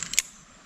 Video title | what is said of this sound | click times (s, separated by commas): Fish Trap - ல இவ்வளோ நண்டு மாட்டும்னு எதிர் பாக்கல..! 😮 #crabhunting | லாக் ஆயிடும் நண்பர்களே அவ்ளோதான். | 0.2 s